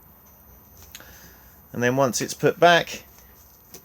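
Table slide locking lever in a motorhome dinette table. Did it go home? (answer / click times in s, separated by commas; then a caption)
yes / 3.8 s. A grey table slide locking lever under the dinette table of a 2021 Benimar Mileo 282 motorhome is released so the table can slide in all directions and is then put back. Someone talks, then a short click at 3.8 s marks the lever locking the table back into position.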